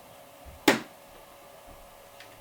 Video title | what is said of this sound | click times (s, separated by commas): Ryzen 5 3600 EVGA 1650 SUPER PC Build | there it goes just clicks into place | 0.7 s